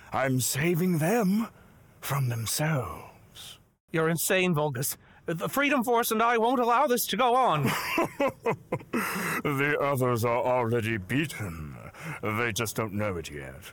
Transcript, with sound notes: I'm saving them from themselves!
You're insane, Volgas! The Freedom Force and I won't allow this to go on!
[LAUGHS] The others are already beaten. They just don't know it yet.